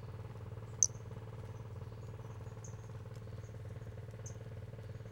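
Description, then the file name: Brachycephalus albolineatus calling with brief, thin, high-pitched notes at irregular intervals, set against a steady low mechanical hum, with one sharp click near the start. Recorded 5 February 2016. "Brachycephalus albolineatus 160205"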